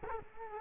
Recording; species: mosquito wingbeat signal from an infrared sensor; Culex quinquefasciatus